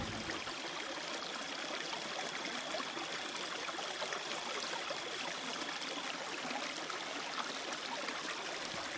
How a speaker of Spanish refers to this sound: Yo me imagino una esquina despoblada de la noche, así como está ahora. Escucho solo... el ruido del agua.